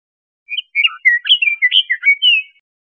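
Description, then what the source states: Bird song: a quick phrase of many chirpy, whistled notes, some rising and some falling, ending in a longer slurred whistle. Costa Rica.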